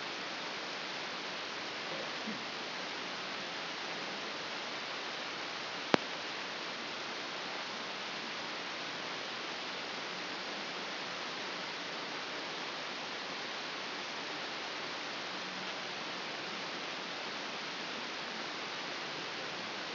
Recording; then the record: brain microelectrode recording played as sound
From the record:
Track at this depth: inside the subthalamic nucleus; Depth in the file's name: 5.314 mm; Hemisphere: left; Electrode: 2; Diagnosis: Parkinson's disease